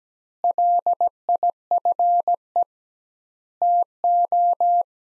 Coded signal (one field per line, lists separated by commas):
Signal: Morse code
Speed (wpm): 17 wpm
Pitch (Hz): 700 Hz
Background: none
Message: LIFE TO